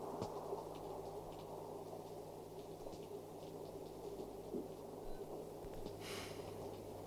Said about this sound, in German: Es regnet noch immer. Mhm. Wir haben Regen nötig.